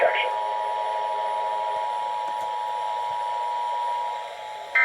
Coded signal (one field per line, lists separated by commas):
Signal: Emergency Alert System (SAME) tones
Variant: 853 and 960 Hz attention tone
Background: speech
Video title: VISIBLE FRUSTRATION... EAS Alerts from 2/17/22 (EAS 7376-7391)